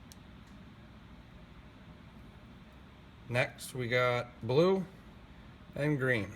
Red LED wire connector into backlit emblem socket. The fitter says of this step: push it until it clicks